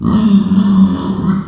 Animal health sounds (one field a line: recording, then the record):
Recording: squeal of a Yucatan mini pig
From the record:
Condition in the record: after surgery on the right vocal fold (resection and tissue-engineered implant)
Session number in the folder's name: 13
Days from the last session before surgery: 113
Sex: female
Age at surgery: 19 weeks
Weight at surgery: 25 kg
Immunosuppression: prednisolone